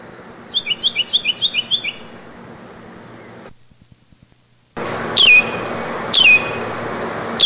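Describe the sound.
Carolina wren delivering a quick run of repeated phrases, a short pause, then sharp descending call notes.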